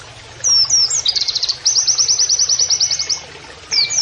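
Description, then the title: Oriental white-eye song: a twisting opening phrase followed by a steady, rapid string of high, sharp notes, then a fresh start. Song with canary-like phrases, used as masteran training audio for Oriental white-eyes. "Pleci Gacor. MASTERAN PLECI NEMBAK KENARIAN"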